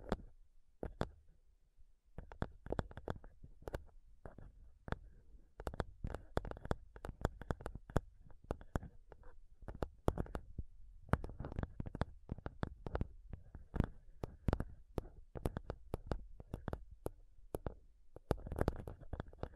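Fingernails tap rapidly on a microphone, making a dense run of sharp clicks and thumps that jump from deep bass up to bright ticks. The taps come in irregular bursts, briefly pausing around two and ten seconds, with steady low rumbling between hits.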